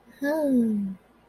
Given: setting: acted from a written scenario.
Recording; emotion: vocal sound without words; ecstasy